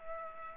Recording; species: mosquito wingbeat signal from an infrared sensor; Culex pipiens